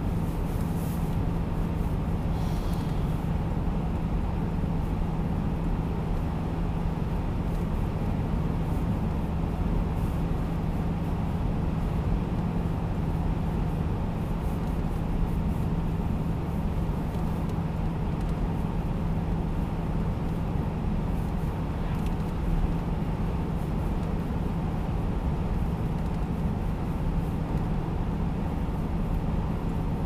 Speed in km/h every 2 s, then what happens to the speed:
89, 90, 89, 89, 89, 90, 90, 90, 90, 90, 89, 88, 88, 88, 89.
0-30 steady at about 89.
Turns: none.